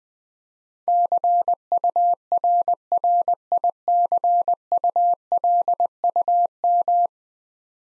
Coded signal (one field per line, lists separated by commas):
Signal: Morse code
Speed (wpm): 21 wpm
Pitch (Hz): 700 Hz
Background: none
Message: CURRICULUM